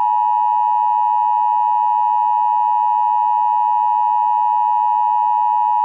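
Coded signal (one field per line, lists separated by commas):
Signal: Emergency Alert System (SAME) tones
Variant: 853 and 960 Hz attention tone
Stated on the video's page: Mock-up emergency alert for a fictional scenario.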